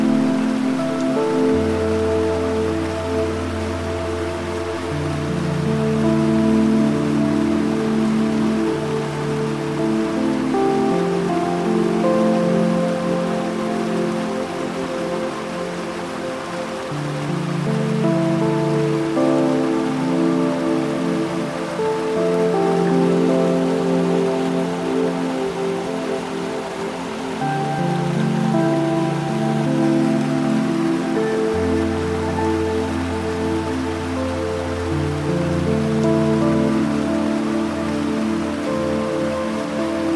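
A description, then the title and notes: Slow, gentle piano plays sustained chords that shift every few seconds over deep, long-held bass notes. Beneath it, flowing river water makes a steady, even hiss throughout, trickling softly without pause at a constant level. Peaceful Piano Music & River Flowing And Trickling Gracefully. The magical combination of river sounds and soothing piano music.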